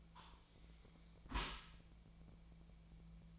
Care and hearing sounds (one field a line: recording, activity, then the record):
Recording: daily activity, microphone in the room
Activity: close dishwasher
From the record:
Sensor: 1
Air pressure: 1000.5 hPa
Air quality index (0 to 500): 182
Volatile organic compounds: 4 ppm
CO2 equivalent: 1677 ppm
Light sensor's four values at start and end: 11/26/11/12 and 11/26/11/12